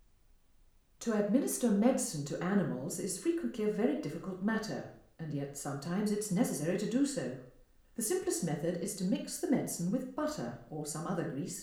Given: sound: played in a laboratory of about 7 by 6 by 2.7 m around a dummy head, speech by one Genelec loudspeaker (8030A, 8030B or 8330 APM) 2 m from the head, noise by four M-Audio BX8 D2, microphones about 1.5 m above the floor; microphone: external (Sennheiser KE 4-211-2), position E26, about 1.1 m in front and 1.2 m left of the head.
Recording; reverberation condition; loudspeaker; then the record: female speech in English; medium; 90 degrees to the left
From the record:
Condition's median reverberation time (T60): about 510 ms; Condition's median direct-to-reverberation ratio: about -0.5 dB